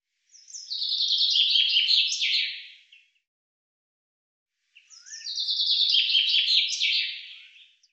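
Common chaffinch singing two full songs about two seconds apart, each a fast descending trill of bright notes closing with a short terminal flourish.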